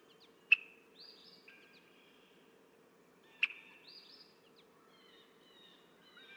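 Red-winged blackbird song: short buzzy trilled phrases, twice, each after a sharp click, over a steady low hum.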